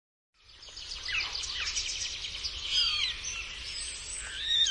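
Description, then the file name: Common starling pours out a continuous jumble of squeaky whistles, slurs and chattering notes, starting suddenly after a brief silence. "Szpak"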